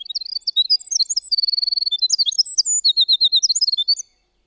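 Winter wren song, a long fast cascade of high tinkling notes and buzzy trills, bubbling continuously for about four seconds before stopping.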